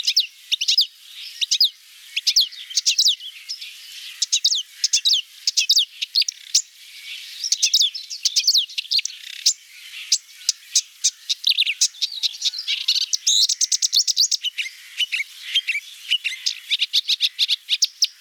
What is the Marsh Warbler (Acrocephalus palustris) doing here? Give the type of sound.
song